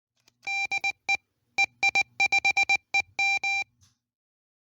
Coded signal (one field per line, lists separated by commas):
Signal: Morse code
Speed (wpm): 19 wpm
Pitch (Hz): 2350 Hz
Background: none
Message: DE EI5EM